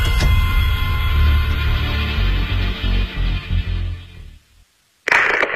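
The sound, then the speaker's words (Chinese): Fireworks boom and crackle in a dense, loud roar for about four seconds, with several sharp pops near the end, then fall silent before a brief final burst of noise. “对于城市里大家放烟花的事情，你怎么看？”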